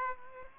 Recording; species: mosquito wingbeat signal from an infrared sensor; Aedes aegypti